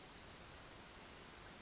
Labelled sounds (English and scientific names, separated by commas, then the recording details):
Pacific Wren (Troglodytes pacificus)
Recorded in Sonoma County, California